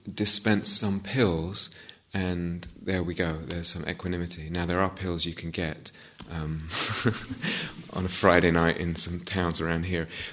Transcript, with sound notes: dispense some pills and there we go, there's some equanimity. Now, there are pills you can get... [laughter] on a Friday night in some towns around here.